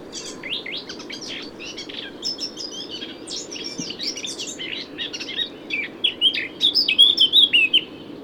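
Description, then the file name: Eurasian blackcap song, a long quiet twittering warble that swells into a loud, rich, fluted whistled flourish in the final seconds. "Sylvia atricapilla"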